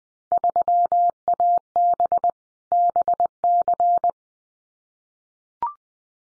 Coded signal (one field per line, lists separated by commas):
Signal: Morse code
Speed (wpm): 20 wpm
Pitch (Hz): 700 Hz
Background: none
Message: 3AB BC